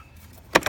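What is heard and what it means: The release latch on a lawn mower's battery pack is pushed so the pack unlatches and can be lifted out of the mower. After quiet low background noise, a sharp click sounds at 0.6 s, followed by a softer second snap at 0.7 s. The battery latch is released for removal.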